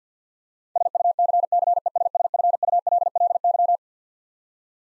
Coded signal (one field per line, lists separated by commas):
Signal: Morse code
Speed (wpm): 50 wpm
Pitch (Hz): 700 Hz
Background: none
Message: SUCCESSFULLY